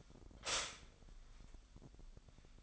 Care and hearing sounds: daily activity, microphone in the room; stop toaster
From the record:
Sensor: 5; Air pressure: 1002.0 hPa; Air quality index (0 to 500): 204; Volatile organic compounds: 18 ppm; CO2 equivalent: 2638 ppm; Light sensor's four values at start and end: 34/109/42/44 and 34/109/42/44

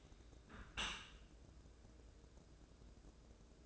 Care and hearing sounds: daily activity, microphone in the room; close dishwasher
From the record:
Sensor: 2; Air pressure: 1012.2 hPa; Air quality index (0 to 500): 134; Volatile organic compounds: 2 ppm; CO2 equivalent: 986 ppm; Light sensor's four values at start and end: 319/780/317/324 and 318/778/316/323

